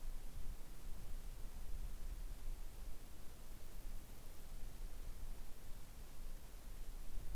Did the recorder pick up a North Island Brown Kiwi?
no